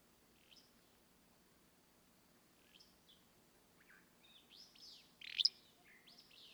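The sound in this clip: Willow flycatcher song over a low background hiss: scattered thin slurred notes build to one loud burry phrase near the end.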